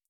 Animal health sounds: hydrophone in a shrimp aquaculture tank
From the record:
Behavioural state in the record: starved

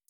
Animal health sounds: hydrophone in a shrimp aquaculture tank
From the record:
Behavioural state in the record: feeding

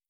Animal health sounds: hydrophone in a shrimp aquaculture tank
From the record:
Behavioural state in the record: stressed

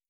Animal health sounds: hydrophone in a shrimp aquaculture tank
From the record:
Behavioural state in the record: starved

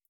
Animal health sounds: hydrophone in a shrimp aquaculture tank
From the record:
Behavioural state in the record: feeding

